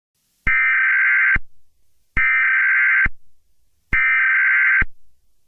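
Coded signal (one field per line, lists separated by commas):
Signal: Emergency Alert System (SAME) tones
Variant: header bursts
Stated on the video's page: Fictional alert scenario.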